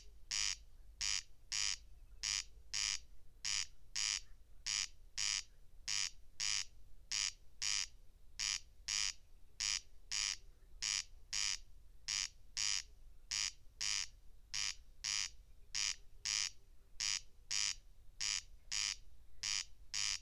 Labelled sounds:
Corn Crake (Crex crex) song

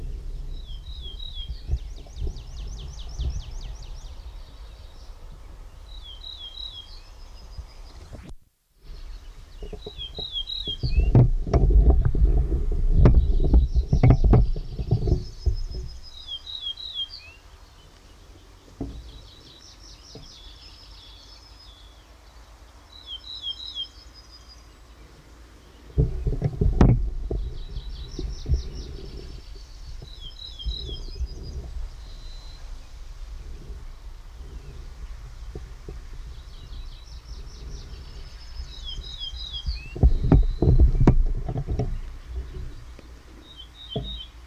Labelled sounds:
Ortolan Bunting (Emberiza hortulana) song

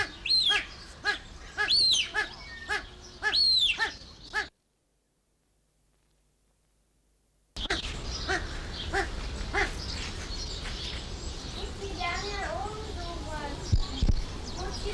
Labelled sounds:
Common Green Magpie (Cissa chinensis)

